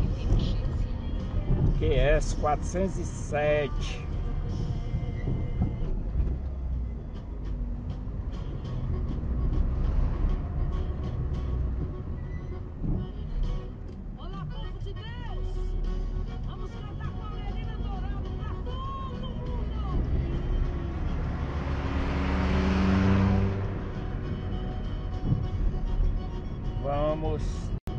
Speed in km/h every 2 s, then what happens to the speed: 26, 24, 15, 20, 25, 20, 15, 15, 18, 25, 28, 26, 25, 25.
0-4 slows to 15. 4-9 speeds up to 25. 9-12 slows to 15. 15-20 speeds up to 28. 20-28 steady at about 25.